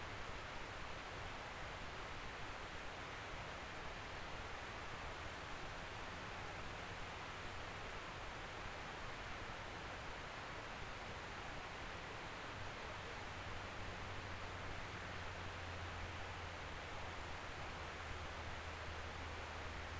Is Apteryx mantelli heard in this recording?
no